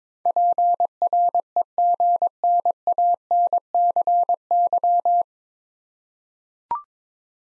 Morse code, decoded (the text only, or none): PREGNANCY